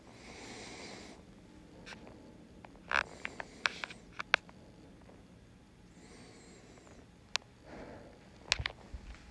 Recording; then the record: deep breathing after running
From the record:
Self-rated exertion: light exertion (2 of 6); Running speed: 6 miles an hour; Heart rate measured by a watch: 81 beats a minute at the start, 80 at the end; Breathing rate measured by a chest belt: 12 breaths a minute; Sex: male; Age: 27 years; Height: 185 cm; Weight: 76 kg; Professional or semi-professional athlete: no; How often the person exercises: over 5 times a week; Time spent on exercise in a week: over 5 hours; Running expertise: no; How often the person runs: over 5 times a week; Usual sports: running, weight training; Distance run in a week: 65 km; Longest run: 42 km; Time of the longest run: 214 minutes